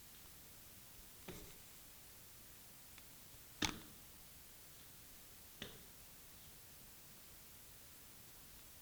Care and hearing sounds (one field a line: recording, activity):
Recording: daily activity, guitar pickup as the sensor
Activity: go upstairs